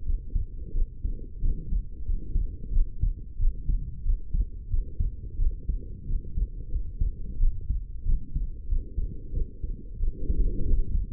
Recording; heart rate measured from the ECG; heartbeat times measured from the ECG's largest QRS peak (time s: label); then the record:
heart sounds by stethoscope; 91 bpm
0.04 s: heartbeat
0.73 s: heartbeat
1.40 s: heartbeat
2.04 s: heartbeat
2.71 s: heartbeat
3.38 s: heartbeat
4.04 s: heartbeat
4.69 s: heartbeat
5.37 s: heartbeat
6.06 s: heartbeat
6.70 s: heartbeat
7.38 s: heartbeat
8.04 s: heartbeat
8.67 s: heartbeat
9.32 s: heartbeat
9.98 s: heartbeat
10.64 s: heartbeat
From the record:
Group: healthy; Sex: female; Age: 19 years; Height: 163 cm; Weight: 51 kg